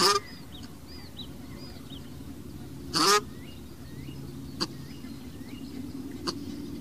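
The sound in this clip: Cape shelduck giving a loud nasal honk midway, after a clipped one at the very start, with thin whistled chirps from other birds and a steady low background rumble.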